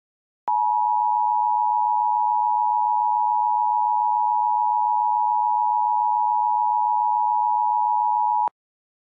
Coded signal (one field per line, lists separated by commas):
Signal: Emergency Alert System (SAME) tones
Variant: 853 and 960 Hz attention tone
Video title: The Disappearences: An EAS Scenario (collab between me and Randomnicious)